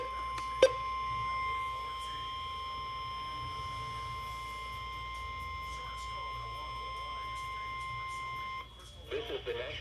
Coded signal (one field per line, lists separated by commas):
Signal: Emergency Alert System (SAME) tones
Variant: 1050 Hz attention tone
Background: speech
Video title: (EAS#38) Required weekly test